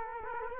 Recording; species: mosquito wingbeat signal from an infrared sensor; Culex quinquefasciatus